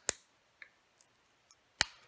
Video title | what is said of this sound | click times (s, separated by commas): Setting Your New Gevril Columbus Circle Watch | close it up, simply fold over. You'll hear 2 snaps, | 0.1 s, 1.8 s